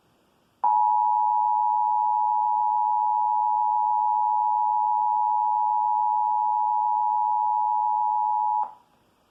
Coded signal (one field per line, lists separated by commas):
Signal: Emergency Alert System (SAME) tones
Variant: 853 and 960 Hz attention tone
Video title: EAS #347: Required Monthly Test - Indiana (8/20/2020) (Comcast)